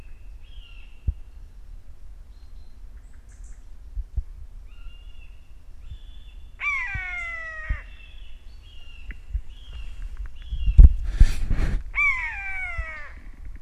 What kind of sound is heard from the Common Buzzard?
call